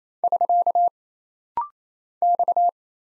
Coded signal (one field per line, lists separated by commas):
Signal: Morse code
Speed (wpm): 27 wpm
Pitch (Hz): 700 Hz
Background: none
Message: <SK> X